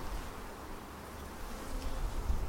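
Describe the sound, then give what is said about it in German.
A steady, dense hum of many honeybees buzzing together around the hive, a continuous low drone with a slight swell in loudness toward the end and no voices. “Aber die muss in der Nähe von ihren Bienen sein, ne?”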